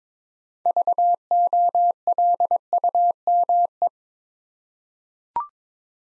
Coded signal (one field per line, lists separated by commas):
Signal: Morse code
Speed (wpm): 22 wpm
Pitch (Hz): 700 Hz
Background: none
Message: VOLUME